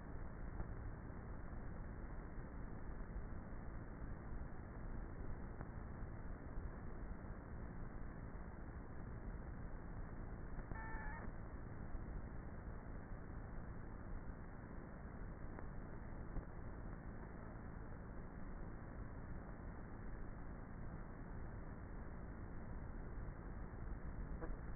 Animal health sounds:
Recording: honeybee colony, microphone inside the hive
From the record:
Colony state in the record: queenless with a low population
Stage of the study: before two queens were removed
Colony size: about 30,000 bees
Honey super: no

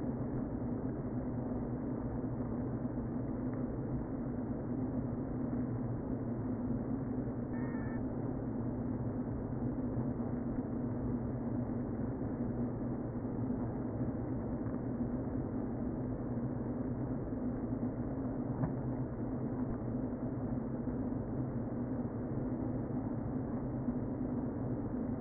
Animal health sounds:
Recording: honeybee colony, microphone inside the hive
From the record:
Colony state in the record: queen present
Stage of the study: before two queens were removed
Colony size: about 60,000 bees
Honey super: yes

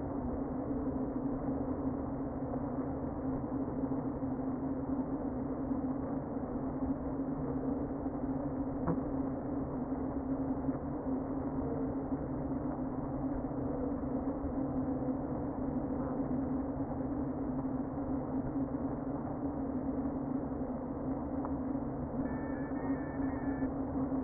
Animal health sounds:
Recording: honeybee colony, microphone inside the hive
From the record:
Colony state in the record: queen present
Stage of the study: before two queens were removed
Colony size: about 60,000 bees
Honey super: yes

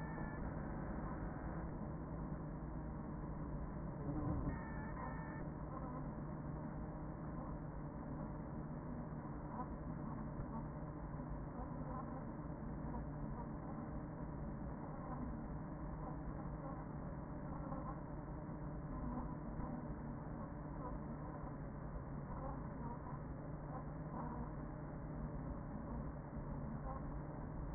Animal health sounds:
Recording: honeybee colony, microphone inside the hive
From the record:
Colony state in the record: queen present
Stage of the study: after two queens were removed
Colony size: about 40,000 bees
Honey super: no

